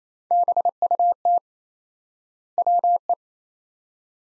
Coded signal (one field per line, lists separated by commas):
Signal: Morse code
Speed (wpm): 28 wpm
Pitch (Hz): 700 Hz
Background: none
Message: BUT WE